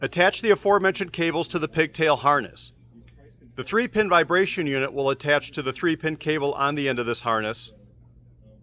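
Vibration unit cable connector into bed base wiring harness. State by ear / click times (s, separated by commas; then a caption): not seated / none. Someone talks while handling the three-pin vibration unit cable, which plugs into the three-pin cable on the end of the pigtail harness of a LogicData SilverStandard+ adjustable bed base and clicks in only when oriented properly. The clip is almost all speech with a quiet pause around 3 seconds. Nothing has seated or clicked yet.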